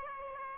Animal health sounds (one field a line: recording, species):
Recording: mosquito wingbeat signal from an infrared sensor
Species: Aedes aegypti